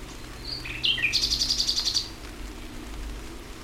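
Common nightingale song: a few whistled and buzzy notes, then a quick run of many rhythmic repeated notes, followed by quiet hiss.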